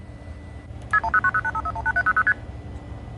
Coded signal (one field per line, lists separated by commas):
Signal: multi-frequency trunk signalling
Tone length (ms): 70 ms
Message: KP21090851800ST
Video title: Hackers & Phreakers - Full Documentary